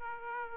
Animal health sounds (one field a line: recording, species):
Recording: mosquito wingbeat signal from an infrared sensor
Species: Aedes aegypti